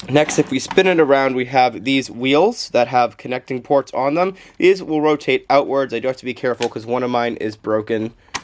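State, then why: Not seated. Someone talks while handling a transforming toy robot train, spinning it around to reach its plastic wheel pieces with connecting ports that rotate outward, one of which is broken. Nothing has clicked or seated into place yet by the end of the clip.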